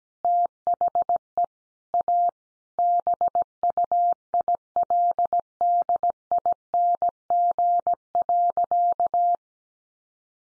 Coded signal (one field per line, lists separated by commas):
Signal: Morse code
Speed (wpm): 17 wpm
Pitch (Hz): 700 Hz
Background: none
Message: THE A BUILDING.